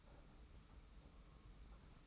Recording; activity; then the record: daily activity, microphone in the room; take from stove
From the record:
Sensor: 1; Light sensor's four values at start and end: 36/116/46/47 and 36/116/46/47